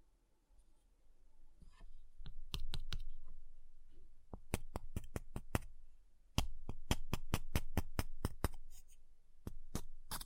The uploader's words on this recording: ASMR Ice Tapping, Scratching, Carving Sounds (No Talking).